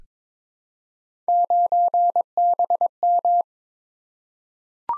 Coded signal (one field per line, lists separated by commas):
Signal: Morse code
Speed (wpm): 22 wpm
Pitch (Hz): 700 Hz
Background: none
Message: 9BM